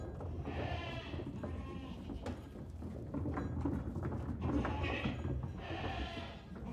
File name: goat herd move out